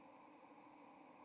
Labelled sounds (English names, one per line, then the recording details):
White-throated Sparrow flight call
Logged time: 07:45 on 30 October 2014